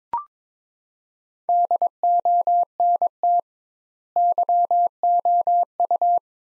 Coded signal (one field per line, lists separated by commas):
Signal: Morse code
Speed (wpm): 22 wpm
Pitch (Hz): 700 Hz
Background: none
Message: DONT YOU